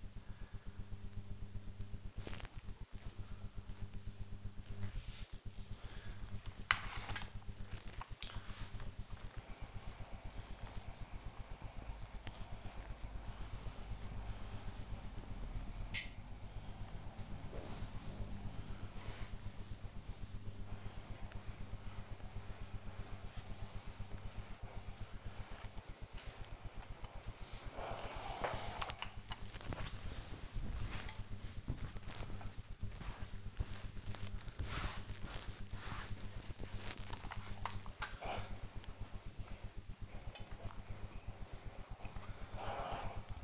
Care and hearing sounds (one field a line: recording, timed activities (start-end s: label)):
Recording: household activities, microphone on the right wrist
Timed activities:
0.00-43.44 s: ironing laundry